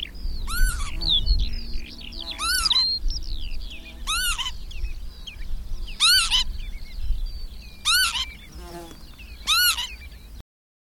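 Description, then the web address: Bird calls, loud arched harmonic notes repeated about every two seconds, with quieter twittering and chattering between them over a low rumble. "madarak enek"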